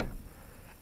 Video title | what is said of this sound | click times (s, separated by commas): Home Theater for under $5000!!! | and you can hear it lock into place there all nice easy one-handed motion here | 0.0 s